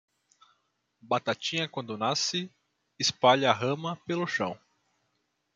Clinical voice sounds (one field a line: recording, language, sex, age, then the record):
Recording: short text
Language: Brazilian Portuguese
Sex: male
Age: 20 to 29 years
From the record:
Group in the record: control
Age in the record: 26 years